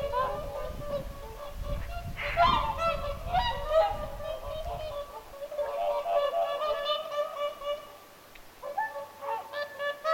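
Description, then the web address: Whooper swans trumpeting in chorus, overlapping honks throughout, with low rumbling noise during the first half. Whooper swans calling at Lintulahti on 6 November 2025. "paivat 6 11 2025 laulujoutsenten aantelya lintulahdella"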